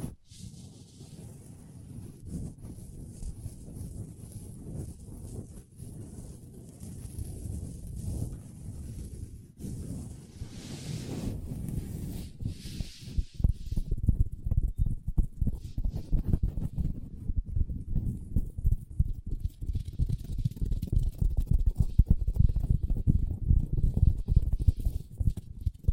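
Long nails tap and scratch on a tabletop in quick, uneven bursts, mostly low and dull with occasional brighter scrapes. The tapping stays soft for the first half, then grows louder and denser after about thirteen seconds, with rapid clustered taps continuing to the end.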